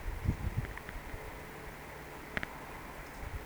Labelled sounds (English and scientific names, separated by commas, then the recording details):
Eurasian Woodcock (Scolopax rusticola) whistle
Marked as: whistle, whistle
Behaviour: display flight
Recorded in Baden-Württemberg, Germany, on 17 June 2020 at 20:13 UTC
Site 14569, 102 m above sea level